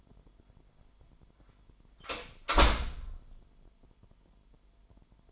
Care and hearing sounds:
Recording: daily activity, microphone in the room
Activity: close door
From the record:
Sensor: 5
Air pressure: 998.5 hPa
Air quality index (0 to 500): 82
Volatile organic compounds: 1 ppm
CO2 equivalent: 934 ppm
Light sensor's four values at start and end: 33/80/33/37 and 33/80/33/37

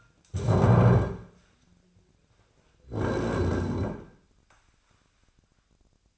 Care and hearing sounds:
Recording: daily activity, microphone in the room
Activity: stand up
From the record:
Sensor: 2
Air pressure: 1009.1 hPa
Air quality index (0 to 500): 170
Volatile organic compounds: 2 ppm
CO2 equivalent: 1244 ppm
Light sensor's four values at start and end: 34/91/38/41 and 38/99/42/45

